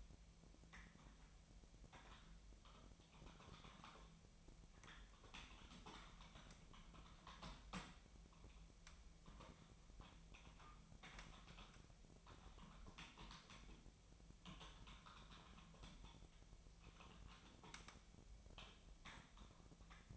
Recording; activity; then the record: daily activity, microphone in the room; typing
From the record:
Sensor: 1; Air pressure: 1009.5 hPa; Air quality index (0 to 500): 195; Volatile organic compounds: 19 ppm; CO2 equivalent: 2668 ppm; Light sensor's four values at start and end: 30/77/32/39 and 30/77/32/38